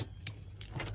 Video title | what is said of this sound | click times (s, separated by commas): Helo Briefing AS 350 B3 | quite easily and the belt comes together with a solid click | 0.3 s